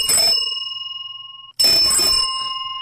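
A large Lucas bicycle thumb bell, made in Britain in the 1930s and about seven to eight centimetres across, rings twice, each a loud bright metallic ding with long sustained overtones that hum and shimmer as they decay, the second strike ringing out over the first's lingering tone.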